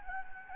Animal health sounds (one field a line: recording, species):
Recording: mosquito wingbeat signal from an infrared sensor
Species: Anopheles gambiae